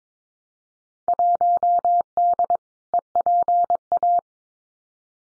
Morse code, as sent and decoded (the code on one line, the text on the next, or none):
.---- -.. / . .--. .-
1D EPA